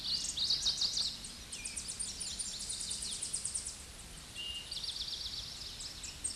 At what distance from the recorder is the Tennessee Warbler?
about 30 m